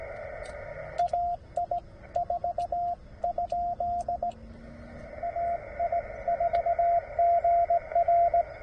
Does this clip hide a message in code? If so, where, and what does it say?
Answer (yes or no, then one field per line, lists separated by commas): yes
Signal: Morse code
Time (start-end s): 1.0-8.4 s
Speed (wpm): 17 wpm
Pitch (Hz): 690 Hz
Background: radio noise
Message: AI4? AI4GR